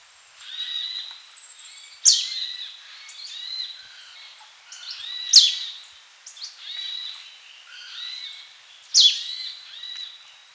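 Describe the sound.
Manipur treecreeper sounding three thin, piercing downslurred notes a few seconds apart amid a background of softer twittering and high buzzing.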